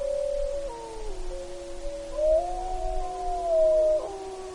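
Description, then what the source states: Gray wolf: wolves howling in chorus, several long smooth tones overlapping, one sliding up and holding high while others stay lower, with a faint low rumble beneath. Wolves in Alaska on 29 April 2015, late evening around 22:54.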